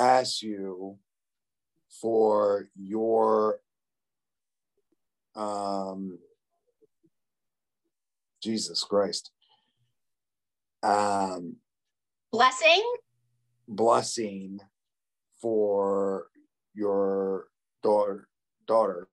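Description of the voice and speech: Halting adult male speech with long pauses, drawn-out 'um's, repeated words and restarts, typical of aphasia after stroke, in a man working to improve his talking.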